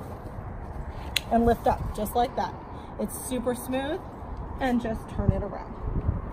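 Someone talks while a reversible modular seat on a Valco Snap stroller (Snap 4 Trend or Snap Ultra Trend) is lifted off its frame mounts by pulling its triggers and then turned around. A brief sharp handling sound comes at about 1.2 s, with soft rustling under the speech. The seat has not been pushed back onto the mounts, and nothing has seated or clicked yet.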